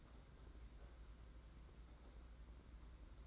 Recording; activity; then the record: daily activity, microphone in the room; open fridge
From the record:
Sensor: 3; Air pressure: 991.9 hPa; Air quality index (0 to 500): 216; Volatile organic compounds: 1000 ppm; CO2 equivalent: 7380 ppm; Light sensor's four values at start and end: 33/99/40/34 and 33/99/40/34